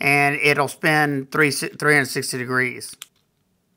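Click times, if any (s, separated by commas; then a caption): none. The adjustable belt clip mount on a plastic knife sheath is handled and rotated; its tab system locks into set positions and spins 360 degrees. Someone talks for about the first three seconds, then it goes quiet. Nothing has seated or clicked yet.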